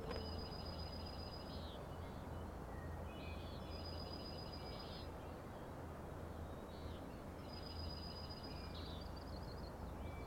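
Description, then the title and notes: Common nighthawk rattling calls, three fast, high pulsed bursts spaced a few seconds apart, with a persistent low rumble underneath. Three birds rattling, flying one after another in very close formation near the recordist, Schoodic Head overlook, Acadia National Park, Winter Harbor, Maine; 16 June 2017, 4am. "Common Nighthawks, Schoodic Head 061617 4am. 3 common nighthawks making peenting calls and wings booms but also a rattling noise at the Overlook (410 ft) on Schoodic Head (435 feet) Schoodic division Acadia National Park Winter Harbor, ME"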